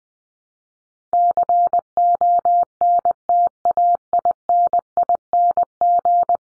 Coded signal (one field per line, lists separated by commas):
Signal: Morse code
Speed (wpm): 20 wpm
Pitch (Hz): 700 Hz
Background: none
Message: CONTAINING